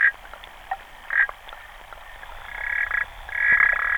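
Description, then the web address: Clawed frog with short clicking trills early on, then longer continuous buzzing trills in the last second and a half, over faint hiss. "sounds xenopus"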